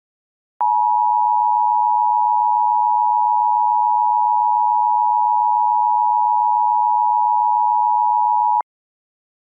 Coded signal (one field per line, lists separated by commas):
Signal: Emergency Alert System (SAME) tones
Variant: 853 and 960 Hz attention tone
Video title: The Final Hours [Majora's Mask EAS Scenario]